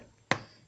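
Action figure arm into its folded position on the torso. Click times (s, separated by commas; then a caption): 0.3 s. A plastic arm of a Transformers Studio Series Leader Shockwave action figure is folded inward onto its torso while the figure is being transformed. A single sharp, bright click sounds at 0.3 s against quiet background and fades quickly. The arm locks into its folded position.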